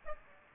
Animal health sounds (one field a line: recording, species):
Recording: mosquito wingbeat signal from an infrared sensor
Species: Aedes aegypti